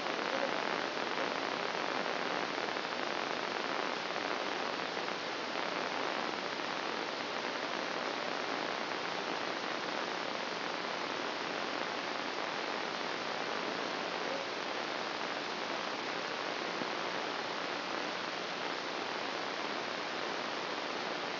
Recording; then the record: brain microelectrode recording played as sound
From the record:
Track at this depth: inside the subthalamic nucleus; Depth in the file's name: 0.735 mm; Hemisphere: right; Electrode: 2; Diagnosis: Parkinson's disease